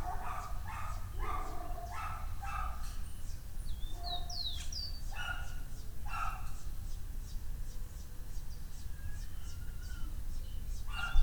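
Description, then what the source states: Dog barking in irregular bursts, with higher bird chirps and a steady low background rumble. Dogs barking on the Escalera Morrison stairway, Valparaíso; recorded with a Tascam DR-100mk II.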